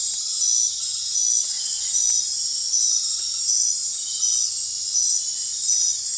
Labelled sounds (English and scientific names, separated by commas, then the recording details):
none
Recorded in dense forest near Puerto Asís, Putumayo, Colombia, on 24 March 2025 at 21:00
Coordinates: 0.503, -76.323
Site GP09